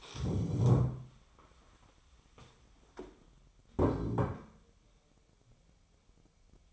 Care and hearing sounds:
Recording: daily activity, microphone in the room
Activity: stand up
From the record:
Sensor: 1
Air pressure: 1015.2 hPa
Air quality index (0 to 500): 195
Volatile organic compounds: 22 ppm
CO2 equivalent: 2739 ppm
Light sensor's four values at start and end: 12/29/12/13 and 10/24/10/11

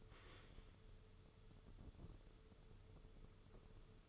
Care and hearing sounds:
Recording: daily activity, microphone in the room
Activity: stand up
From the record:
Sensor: 4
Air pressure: 995.2 hPa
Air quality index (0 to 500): 216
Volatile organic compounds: 261 ppm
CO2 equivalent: 4389 ppm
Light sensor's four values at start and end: 18/47/18/22 and 18/46/18/21

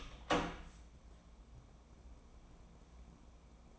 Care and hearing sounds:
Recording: daily activity, microphone in the room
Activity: open door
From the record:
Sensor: 1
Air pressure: 1012.3 hPa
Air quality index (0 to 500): 170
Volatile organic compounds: 3 ppm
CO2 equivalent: 1398 ppm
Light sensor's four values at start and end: 592/1402/615/743 and 570/1346/592/712

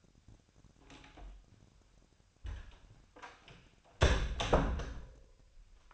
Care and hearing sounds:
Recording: daily activity, microphone in the room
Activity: close door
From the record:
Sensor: 2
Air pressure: 1007.1 hPa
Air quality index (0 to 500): 189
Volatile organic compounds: 11 ppm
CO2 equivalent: 2316 ppm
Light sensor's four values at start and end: 10/24/10/10 and 10/23/10/10

